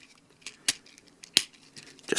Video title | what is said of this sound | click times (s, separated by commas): DX Thomas The Train 'Super Thomas' Megazord Toy Review! | you'll hear a snap | 0.7 s, 1.4 s